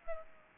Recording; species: mosquito wingbeat signal from an infrared sensor; Aedes aegypti